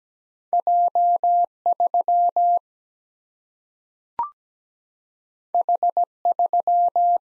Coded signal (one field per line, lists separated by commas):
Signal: Morse code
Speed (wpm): 17 wpm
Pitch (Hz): 700 Hz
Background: none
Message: J 3 H 3